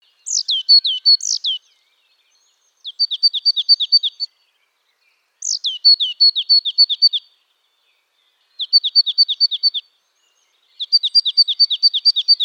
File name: marsh tit